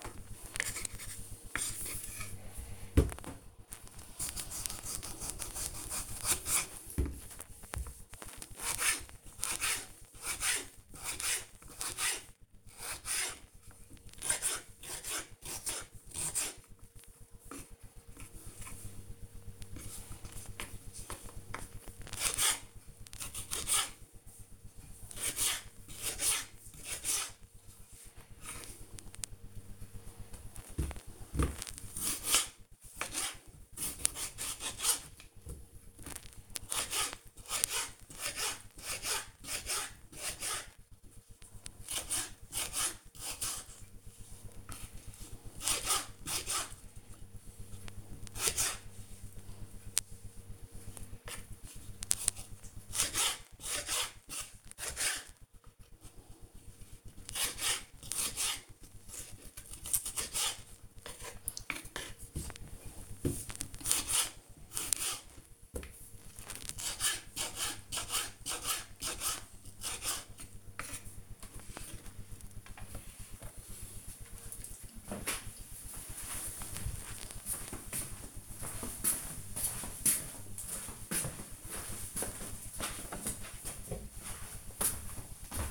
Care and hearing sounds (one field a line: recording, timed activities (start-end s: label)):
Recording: household activities, microphone on the right wrist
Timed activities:
0.00-71.25 s: cutting vegetables